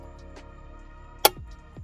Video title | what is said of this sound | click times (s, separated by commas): Kia Optima 2016-2020 Remote Starter - How To install - MyKey Premium | Just like so. Make sure it clicks. | 1.3 s